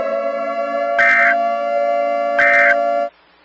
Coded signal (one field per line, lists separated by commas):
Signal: Emergency Alert System (SAME) tones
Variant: end-of-message bursts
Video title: Stay Outside | EAS Scenario #8